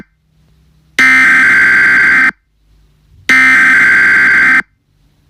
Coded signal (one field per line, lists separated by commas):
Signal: Emergency Alert System (SAME) tones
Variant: header bursts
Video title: Muscular Implosion - Mini EAS Scenario